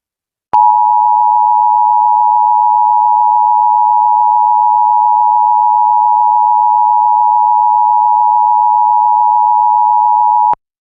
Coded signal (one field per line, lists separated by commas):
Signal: Emergency Alert System (SAME) tones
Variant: 853 and 960 Hz attention tone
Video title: EAS Scenario: Valentine’s Day Virus